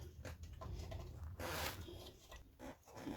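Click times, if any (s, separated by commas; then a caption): none. Someone pushes the plastic ABS sensor connector into the new rear hub bearing unit on a Mondeo Mk3. Low rumbling and scraping contact sounds are heard, with brief knocks at 0.4 and 0.9 s and a louder broadband rush around 1.4–1.7 s. Nothing has clicked into place; the connector fails to seat and will need replacing.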